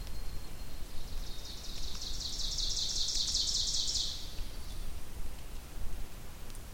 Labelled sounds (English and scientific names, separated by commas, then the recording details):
Ovenbird (Seiurus aurocapilla) song
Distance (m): 45 m
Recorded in boreal forest in Alberta, Canada, on 2 June 2016 at 07:01
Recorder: SongMeter 3, array SBT-3-7
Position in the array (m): 238 m, 38 m
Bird 6